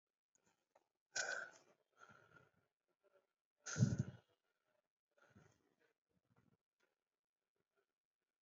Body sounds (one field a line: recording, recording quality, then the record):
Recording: shallow breathing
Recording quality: excellent, no background noise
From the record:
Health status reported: exposed to COVID-19, no respiratory illness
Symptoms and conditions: none ticked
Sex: male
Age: 26 years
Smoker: not ticked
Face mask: not worn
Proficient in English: yes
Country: India